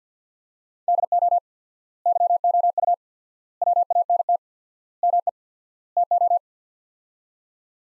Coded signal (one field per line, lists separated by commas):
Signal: Morse code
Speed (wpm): 50 wpm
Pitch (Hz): 700 Hz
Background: none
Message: DO YOU WANT ME TO